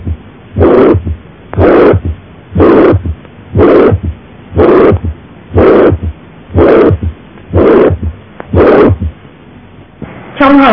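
Heart sound: mitral regurgitation murmur, a regurgitant systolic murmur loudest at the cardiac apex, radiating to the axilla, often accompanied by a third heart sound (S3).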